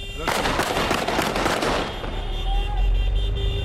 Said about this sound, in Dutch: Maar de schoten die nu klinken zijn uit geweren van de rebellen. En de loop is recht omhoog gericht. Vreugdevuur.